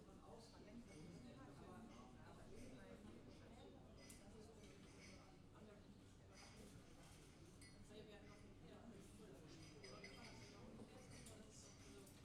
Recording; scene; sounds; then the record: everyday scene through a hearing-aid microphone; many people talking; many voices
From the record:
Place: university cafeteria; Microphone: in the ear canal, left